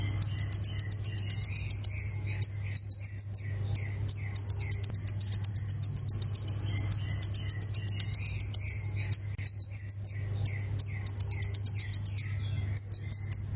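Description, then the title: Plain prinia song: sustained series of high buzzy notes repeated quickly, broken now and then by short higher trills, with a steady hum beneath. "Ciblek Sawah"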